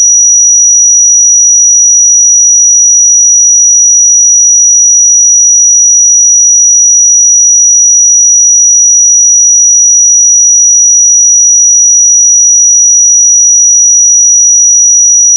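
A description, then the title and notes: A pure sine tone at 5823 Hz holds perfectly steady for the full fifteen seconds, a thin, bright, piercing whistle with no wavering in pitch or loudness. Nothing else is heard behind it; the tone cuts off abruptly at the very end. 5823 Hz 1 Hz Interval Sine Pure Tone Frequency 441000 Sample Mono.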